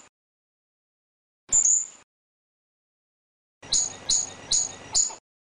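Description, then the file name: Squirrel calls: one sharp, very high squeak, then after a pause a quick run of four similar chipping squeaks about half a second apart. "suara bajing. omkicau"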